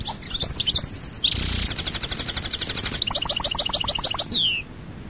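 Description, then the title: European goldfinch song: a dense, high, rapid twittering with a buzzy trill and descending notes, continuous for about four and a half seconds. "Chant Chardonneret"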